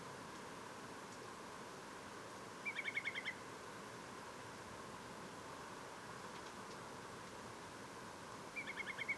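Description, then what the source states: Whimbrel calling twice, each a rapid even trill of six or seven piping whistles, the second burst six seconds after the first, against a constant hiss of background noise. Recorded at Portland on 24 April 2015 at 04:09.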